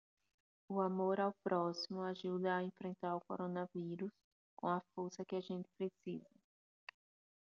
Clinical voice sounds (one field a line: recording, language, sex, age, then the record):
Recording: spoken sentence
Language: Brazilian Portuguese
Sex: female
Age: 30 to 39 years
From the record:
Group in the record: control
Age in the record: 30 years